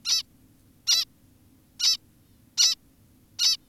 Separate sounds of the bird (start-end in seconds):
0.05-0.22, 0.87-1.05, 1.80-1.97, 2.58-2.76, 3.39-3.57